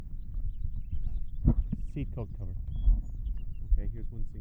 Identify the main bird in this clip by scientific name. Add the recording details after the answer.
Haemorhous mexicanus. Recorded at Wantagh on Long Island, New York, on 21 May 1975. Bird H